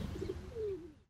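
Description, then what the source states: Pigeon cooing, a low, soft note that slides gently downward, over a steady low background rumble. Pigeons, 19 August 2013.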